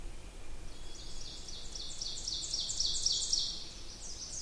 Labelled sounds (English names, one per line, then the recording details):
Ovenbird song
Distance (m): 35 m
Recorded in boreal forest in Alberta, Canada, on 20 June 2016 at 07:08
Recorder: SongMeter 3, array SBT-6-81
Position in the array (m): 151 m, 45 m
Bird 47